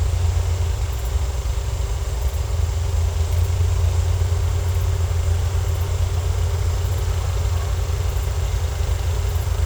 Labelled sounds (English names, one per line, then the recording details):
none
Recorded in secondary vegetation near Puerto Asís, Putumayo, Colombia, on 16 December 2024 at 15:00
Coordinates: 0.468, -76.324
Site G095